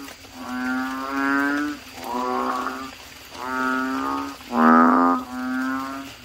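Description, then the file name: Asian common toad croaking in long, nasal, harmonic notes that follow each other with barely a pause, one louder croak near the end. "suara kodok bangkong"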